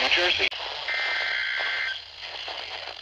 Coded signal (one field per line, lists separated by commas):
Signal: Emergency Alert System (SAME) tones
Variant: header bursts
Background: speech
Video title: Stations Galore! EAS Alerts from 6/14/21 (EAS #299-310)